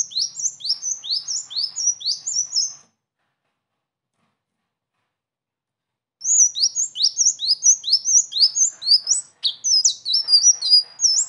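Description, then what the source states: Sunbird singing high, sharp, down-slurred chips in fast repeated series, a silent gap of several seconds, then a longer, more varied chattering burst. Non-stop singing bird performing the rolling song style called ngeroll with fill-in phrases (isian), presented as a tutor recording (masteran).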